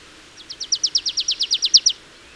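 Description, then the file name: Marsh tit calling a brisk, regular run of about fourteen high, sharply downslurred notes, a couple louder near the end. "Poecile palustris"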